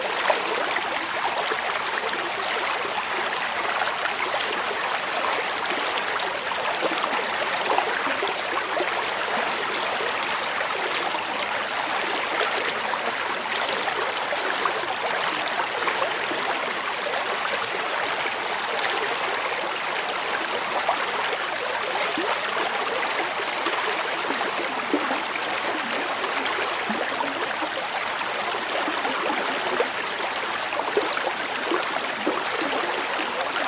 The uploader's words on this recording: The soothing sounds of a small river flowing through the countryside. The gentle flow of water.